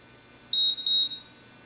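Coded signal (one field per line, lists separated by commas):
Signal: beep code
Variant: OpenDRO edge monitor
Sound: two quick high-pitched electronic beeps in close succession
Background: faint electrical hum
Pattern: 2 short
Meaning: Alert that an edge was sensed, as opposed to the three-beep warning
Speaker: There is an alert, which is the 2 beeps, which is distinct from the warning, which is 3 beeps. This is edge 1.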